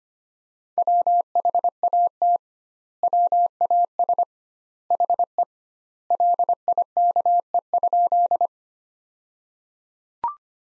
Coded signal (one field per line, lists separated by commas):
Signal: Morse code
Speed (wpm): 25 wpm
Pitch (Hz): 700 Hz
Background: none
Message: WHAT WAS HE LIKE?